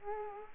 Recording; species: mosquito wingbeat signal from an infrared sensor; Culex quinquefasciatus